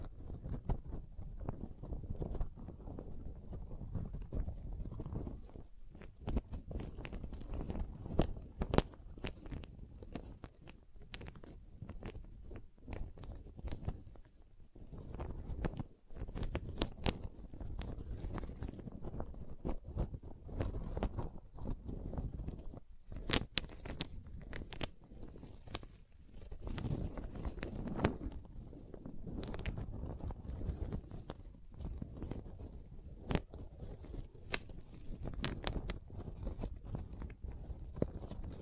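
Wooden triggers: a steady run of crisp taps, clicks and scrapes on wood, dense and irregular throughout the 39 seconds. Sharp bright knocks stand out every few seconds over a low, rumbling rustle, with brief quieter pauses around 6, 16 and 23 seconds.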